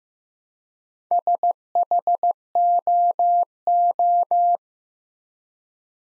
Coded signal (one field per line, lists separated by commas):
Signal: Morse code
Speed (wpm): 15 wpm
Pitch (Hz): 700 Hz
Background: none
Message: SHOO